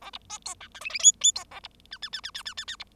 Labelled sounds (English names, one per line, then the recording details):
Bengalese Finch song
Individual Bird0